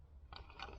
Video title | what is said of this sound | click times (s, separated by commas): Is this THE BEST knife sharpener for under $80?!?! | It goes down, clicks into place, and now you've got | 0.4 s, 0.6 s